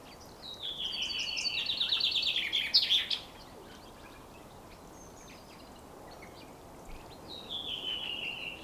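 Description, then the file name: Common chaffinch song: a descending trill closing with a sharp terminal flourish, a pause with faint hiss, then a falling note begins. "Fringilla coelebs"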